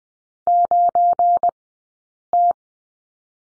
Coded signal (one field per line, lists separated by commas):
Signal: Morse code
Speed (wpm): 20 wpm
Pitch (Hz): 700 Hz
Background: none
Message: 9T